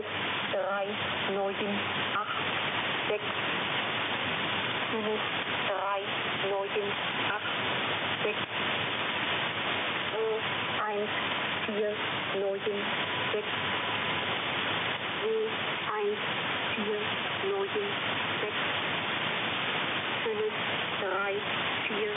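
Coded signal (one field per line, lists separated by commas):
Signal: numbers station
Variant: G06 German Lady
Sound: a woman's voice reads digit groups slowly and evenly through heavy radio hiss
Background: radio static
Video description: Russian Main Intelligence Directorate (GRU), Russian spy numbers station.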